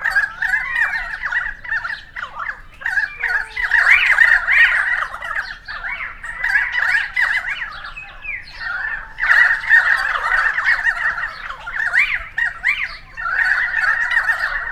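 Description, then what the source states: A flock of currawongs squawking steadily, rough calls pulsing in waves with short quieter gaps between bursts. Several currawongs recorded on 28 May 2013.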